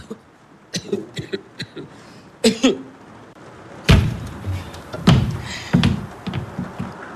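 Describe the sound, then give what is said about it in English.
A wooden milking stool from the kitchen is carried in and set down: a series of light knocks and scrapes, then several louder, hollow wooden thuds spaced about a second apart. “Can I bring it in here? Sure, bring it in here. Bring it on in here.”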